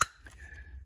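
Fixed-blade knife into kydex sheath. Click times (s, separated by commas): 0.0 s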